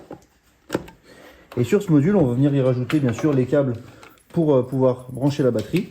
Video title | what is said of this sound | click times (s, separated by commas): Valise Diagnostic ICarSoft CR Ultra ! | pareil il se clipse assez facilement et | 0.8 s